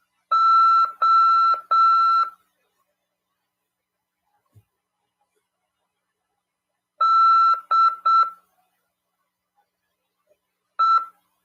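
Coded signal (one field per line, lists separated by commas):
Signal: Morse code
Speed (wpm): 7 wpm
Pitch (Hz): 1340 Hz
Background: none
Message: O D E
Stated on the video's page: Amateur radio class on CW over 146.410 MHz.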